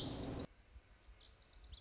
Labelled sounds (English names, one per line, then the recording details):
Lazuli Bunting
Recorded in Sonoma County, California